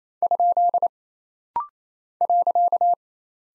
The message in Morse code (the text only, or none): ? .